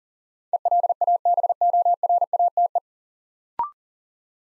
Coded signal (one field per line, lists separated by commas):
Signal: Morse code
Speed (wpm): 40 wpm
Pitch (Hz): 700 Hz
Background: none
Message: ELABORATE